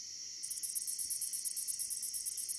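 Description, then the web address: Long-spurred meadow katydid song: a steady high hiss, joined after about half a second by a rapid run of sharp ticking pulses. North America. "Songs of Insects. Long-spurred Meadow Katydid"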